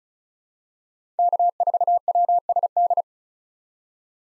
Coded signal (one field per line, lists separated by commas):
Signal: Morse code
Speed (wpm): 36 wpm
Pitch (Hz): 700 Hz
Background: none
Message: K4WSD